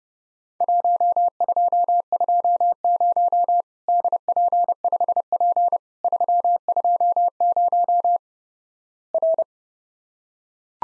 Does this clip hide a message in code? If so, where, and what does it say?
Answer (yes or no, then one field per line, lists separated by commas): yes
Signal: Morse code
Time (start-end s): 0.6-9.4 s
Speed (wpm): 32 wpm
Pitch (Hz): 700 Hz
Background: none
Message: 1220 DP5P 320 R